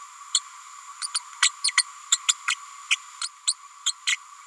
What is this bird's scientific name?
Forpus passerinus